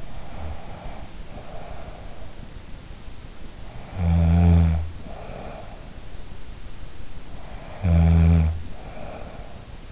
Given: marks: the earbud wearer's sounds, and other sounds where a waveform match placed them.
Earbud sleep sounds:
sounds in sleep by an in-ear microphone; breath, snoring breath
0.00-2.39 s: breath
3.66-5.71 s: snoring breath
7.55-9.49 s: snoring breath

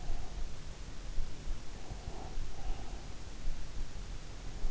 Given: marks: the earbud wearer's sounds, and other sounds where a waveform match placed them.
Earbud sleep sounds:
sounds in sleep by an in-ear microphone; breath
1.70-3.42 s: breath

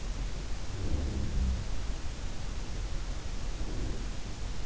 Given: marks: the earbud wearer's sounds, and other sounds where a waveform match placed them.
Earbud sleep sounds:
sounds in sleep by an in-ear microphone; breath
0.59-2.03 s: sound from someone else or the room
0.59-1.66 s: breath
3.37-4.55 s: breath

